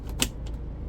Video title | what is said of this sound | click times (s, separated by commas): AUTOCARAVANA "MUDA" ENG | click click click and also here slowly | 0.2 s